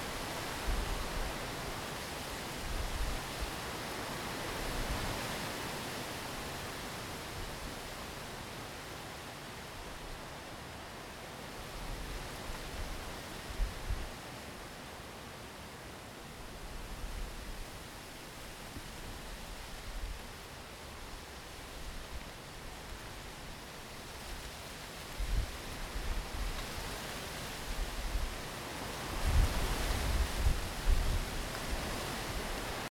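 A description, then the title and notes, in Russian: Wind moves through maple trees in a steady, dense rushing hiss, like rustling leaves blurred together. Gusts swell the sound near the start, around twelve seconds and most strongly near thirty seconds, bringing low buffeting thumps as the wind strikes the microphone. Ветер в клёнах.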